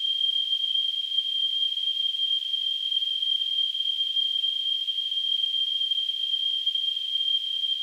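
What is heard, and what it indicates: Simulated tinnitus: a steady, unbroken high-pitched tone near 3 kHz over a faint hiss, with no low-frequency sound.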